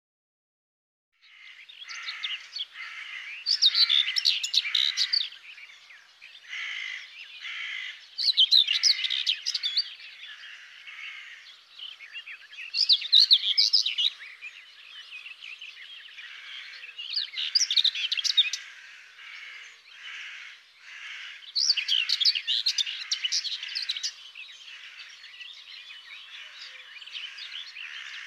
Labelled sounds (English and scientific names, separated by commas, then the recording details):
Common Whitethroat (Sylvia communis) song
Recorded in the wild
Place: Waltershofen / Freiburg im Breisgau, Baden-Württemberg, DE
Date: 2001-06-15
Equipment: MiniDisc Sharp MT 20 H
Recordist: Schwarz, Dieter